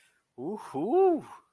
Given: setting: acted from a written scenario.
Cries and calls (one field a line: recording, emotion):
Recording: vocal sound without words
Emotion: triumph